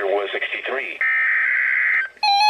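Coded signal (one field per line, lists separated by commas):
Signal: Emergency Alert System (SAME) tones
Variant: header bursts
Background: speech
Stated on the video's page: Tsunami communications drill monthly test received on NOAA Weather Radio.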